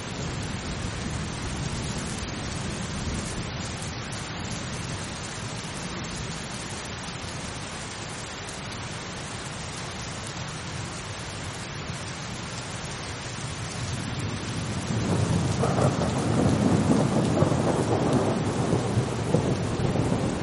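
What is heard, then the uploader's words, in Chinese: Steady rain falls in a dense, even hiss, with a low rumble of thunder running underneath throughout. Around fifteen seconds the rumble swells louder and fuller, rolling on to the end while the rain keeps its constant patter. 助眠雷雨声：平静的雨。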